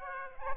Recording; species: mosquito wingbeat signal from an infrared sensor; Aedes aegypti